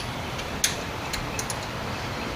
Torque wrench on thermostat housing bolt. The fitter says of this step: click okay i'd say that's probably good all right